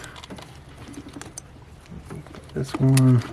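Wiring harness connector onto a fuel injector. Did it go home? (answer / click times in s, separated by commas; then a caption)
no / none. A plastic wiring harness connector is handled against a fuel injector on a Lexus CT200h during a head gasket replacement, making light scattered taps and rubbing sounds. Someone talks near the end of the clip. Nothing has seated or clicked yet.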